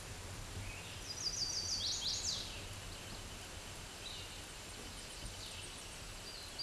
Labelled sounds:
Chestnut-sided Warbler song
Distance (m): 25 m
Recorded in a Pennsylvania forest on 17 May 2023 at 11:48
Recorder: AudioMoth, point grid1_41_low
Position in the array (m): 111 m, 217 m

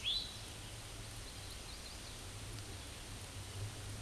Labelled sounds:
Hooded Warbler song
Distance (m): 20 m
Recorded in a Pennsylvania forest on 18 May 2023 at 09:31
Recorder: AudioMoth, point grid1_31_low
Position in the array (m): 156 m, 111 m

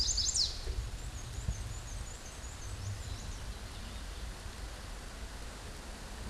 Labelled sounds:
Black-and-white Warbler song
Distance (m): 65 m
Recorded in a Pennsylvania forest on 18 May 2023 at 13:54
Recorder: AudioMoth, point grid1_9_low
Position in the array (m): 86 m, 44 m

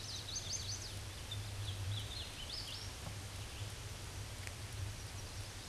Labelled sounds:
Hooded Warbler song
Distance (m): 90 m
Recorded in a Pennsylvania forest on 18 May 2023 at 13:58
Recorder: AudioMoth, point grid1_30_low
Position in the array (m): 156 m, 159 m

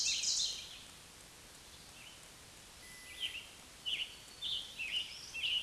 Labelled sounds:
Scarlet Tanager song
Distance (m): 40 m
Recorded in a Pennsylvania forest on 1 June 2023 at 08:07
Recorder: AudioMoth, point grid3_18_low
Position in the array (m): 165 m, 141 m

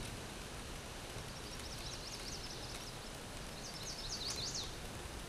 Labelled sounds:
Chestnut-sided Warbler song
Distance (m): 25 m
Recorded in a Pennsylvania forest on 17 May 2023 at 12:37
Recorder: AudioMoth, point grid1_14_low
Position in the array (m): 107 m, 132 m

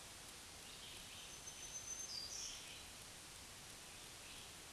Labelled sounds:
Black-throated Green Warbler song
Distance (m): 35 m
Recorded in a Pennsylvania forest on 1 June 2023 at 08:46
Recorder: AudioMoth, point grid3_6_low
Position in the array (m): 189 m, 22 m

